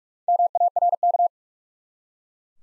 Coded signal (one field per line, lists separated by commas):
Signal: Morse code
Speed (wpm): 45 wpm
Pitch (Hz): 700 Hz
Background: none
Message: MARK